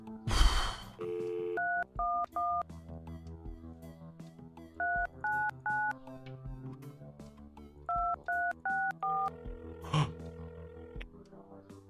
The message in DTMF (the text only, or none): 311 399 2364